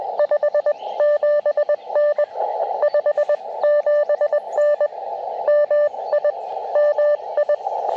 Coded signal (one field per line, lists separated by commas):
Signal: Morse code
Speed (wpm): 19 wpm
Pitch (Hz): 600 Hz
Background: radio noise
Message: 57N 57N MI MI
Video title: Cootie Key CW POTA - QRP Activation 4/26/23